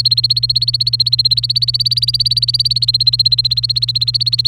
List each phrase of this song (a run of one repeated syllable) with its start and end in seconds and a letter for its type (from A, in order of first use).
0.00-4.48 A